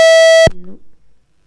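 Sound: telephone line tone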